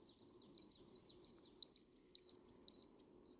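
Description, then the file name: Great tit call series, with quick high chips and drawn-out, higher slurred notes alternating in a busy, even rhythm that fades at the end. "Parus major"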